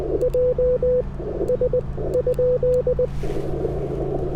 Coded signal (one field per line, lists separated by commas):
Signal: Morse code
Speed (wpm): 20 wpm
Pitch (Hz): 500 Hz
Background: radio noise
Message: JS?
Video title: Japan POTA - IC-705 Back to its Birthplace (My Layover Was Tokyo)